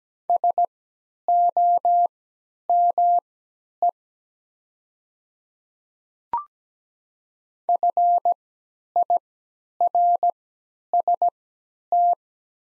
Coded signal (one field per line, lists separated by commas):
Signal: Morse code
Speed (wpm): 17 wpm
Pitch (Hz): 700 Hz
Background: none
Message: SOME FIRST